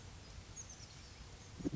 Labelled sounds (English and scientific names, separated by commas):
Oak Titmouse (Baeolophus inornatus)